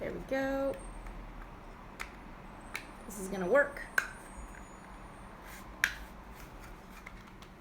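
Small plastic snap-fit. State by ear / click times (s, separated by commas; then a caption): seated / 5.8 s. Two plastic halves of a V-2 model rocket body are pressed together while someone talks, with small clicks and handling noises at about 2.0, 2.8 and 4.0 s. The halves snap into place at 5.8 s with a sharp but modest click, less satisfying than expected, and the body is seated.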